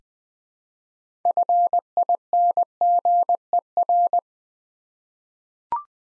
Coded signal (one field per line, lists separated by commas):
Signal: Morse code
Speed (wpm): 20 wpm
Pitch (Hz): 700 Hz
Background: none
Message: FINGER